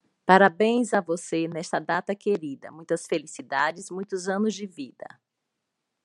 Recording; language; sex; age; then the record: short text; Brazilian Portuguese; female; 40 to 49 years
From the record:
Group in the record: control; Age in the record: 49 years